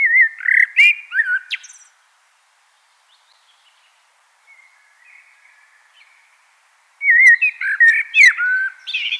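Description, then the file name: Common blackbird singing two mellow, fluted warbling phrases that end in thin, squeaky twitters, with a quiet gap and faint soft notes between them. "Turdus merula"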